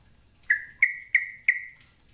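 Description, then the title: Bird: four sharp ringing notes from a bird, each followed by a drawn-out level tail, spaced roughly a third of a second apart. "Kicau Burung"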